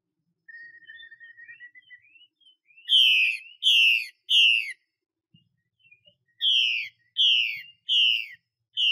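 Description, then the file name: Chinese hwamei song: a thin, slowly rising whistle, then rich downslurred whistled notes in two groups separated by a pause. Female bird. "Tieng chim hoa mi mai xuy"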